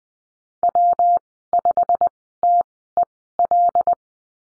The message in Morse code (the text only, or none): W5TEL